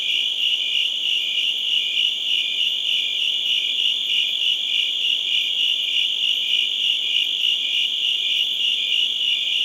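Crickets chirping in a dense, continuous high-pitched trill, with rapid pulses running about three per second and no pauses throughout.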